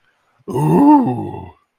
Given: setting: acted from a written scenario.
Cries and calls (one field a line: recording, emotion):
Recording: vocal sound without words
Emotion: ecstasy